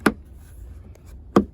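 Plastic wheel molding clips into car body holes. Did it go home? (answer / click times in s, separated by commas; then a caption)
yes / 0.1 s, 1.4 s. Plastic wheel-arch cladding on a Toyota Highlander is pressed onto the car body so its retaining clips snap into the body holes. Two sharp snaps are heard at 0.1 s and 1.4 s over a low background hum, with a faint tick near 0.9 s. The clips are seated and the molding is in place.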